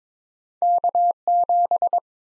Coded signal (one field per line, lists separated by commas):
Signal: Morse code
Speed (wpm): 22 wpm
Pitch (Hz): 700 Hz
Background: none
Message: K7